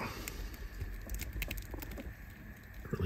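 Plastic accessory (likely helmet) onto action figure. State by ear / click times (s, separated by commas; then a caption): not seated / none. A plastic accessory, likely the helmet, is pressed onto a G.I. Joe Classified Series 87 Grunt action figure, with faint plastic handling, rubbing and a few brief light ticks. The fit is very tight and the accessory ends up on the figure, but it never pops into place, so nothing has seated or clicked yet.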